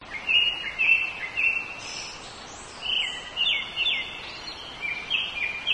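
Japanese thrush song of fluty whistled phrases with slurred high notes, delivered in a few quick bursts, over steady background noise.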